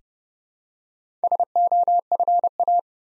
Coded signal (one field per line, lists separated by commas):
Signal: Morse code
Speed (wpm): 30 wpm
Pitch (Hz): 700 Hz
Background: none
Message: SOFA